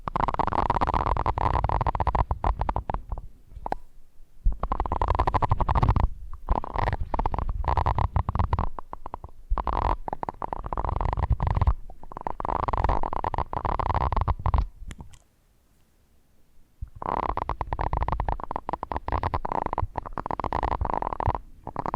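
Ear scratching and brushing sounds, with no talking: dense, rough bursts of low rustling and scraping that run for a few seconds at a time, broken by short pauses. A longer quiet gap falls around 15 to 17 seconds before the scratching resumes.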